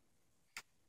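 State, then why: Seated. A foam dart is pushed all the way into the barrel of a toy blaster until it contacts the restrictor. A single short, bright click sounds at 0.6 s as the dart seats, with only quiet background before and after.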